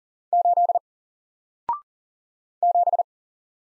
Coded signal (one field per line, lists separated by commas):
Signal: Morse code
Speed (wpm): 40 wpm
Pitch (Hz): 700 Hz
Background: none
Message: 8 7